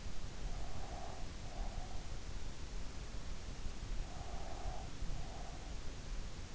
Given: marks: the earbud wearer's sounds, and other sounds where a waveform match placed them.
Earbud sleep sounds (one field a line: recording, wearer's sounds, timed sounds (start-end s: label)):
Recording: sounds in sleep by an in-ear microphone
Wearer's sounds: breath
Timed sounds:
0.28-2.11 s: breath
4.13-5.76 s: breath